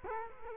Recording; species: mosquito wingbeat signal from an infrared sensor; Culex quinquefasciatus